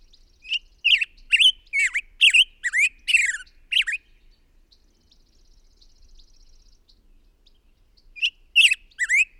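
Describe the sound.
Bird calling in a quick group of rasping, up-and-down chirps, a pause of about four seconds, then a renewed burst of similar notes.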